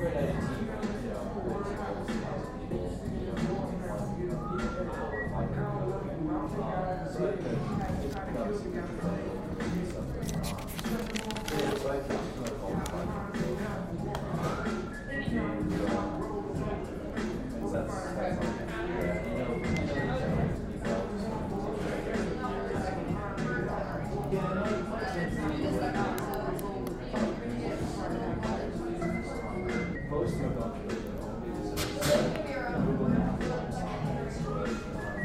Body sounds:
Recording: background sound without coughing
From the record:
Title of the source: 60 minutes of coffee shop sounds for study and concentration

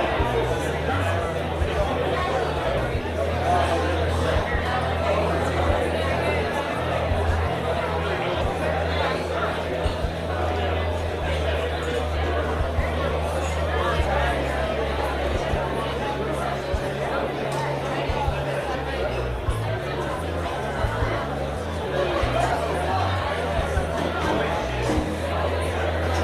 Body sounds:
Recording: background sound without coughing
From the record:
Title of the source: CITY SOUNDS Busy Bar in the Evening Night - 2 HOURS of Ambiance for Relaxation

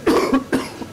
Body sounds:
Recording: coughing mixed with background sound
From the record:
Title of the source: Coughing 77

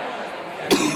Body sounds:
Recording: coughing mixed with background sound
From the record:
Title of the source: 64 coughing, allergies, singing lungs

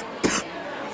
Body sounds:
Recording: coughing mixed with background sound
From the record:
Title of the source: 30 Chesty and wet cough

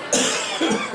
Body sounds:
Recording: coughing mixed with background sound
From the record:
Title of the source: Spring Cold Coughing.

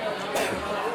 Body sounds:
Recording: coughing mixed with background sound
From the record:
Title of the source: Residual Phlegmy Morning Coughing and Gagging

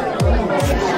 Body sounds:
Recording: background sound without coughing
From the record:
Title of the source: Nightlife Party Simulating Party Club Noise 1 Hour

